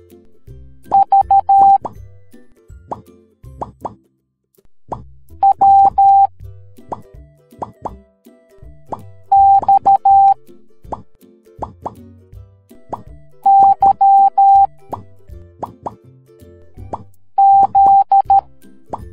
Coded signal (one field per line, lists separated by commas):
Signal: Morse code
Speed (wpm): 13 wpm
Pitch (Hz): 790 Hz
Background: music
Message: V W X Y Z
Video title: Pop Cat Teaching the Morse Code Alphabet Educational Video for Kids